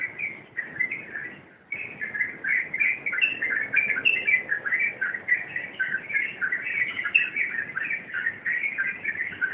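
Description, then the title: Yellow-vented bulbul song as a dense stream of warbled, bubbly notes, with a brief lull near the start, then continuous and lively. Wild bird. "Master Burung Jos. trucukan liar"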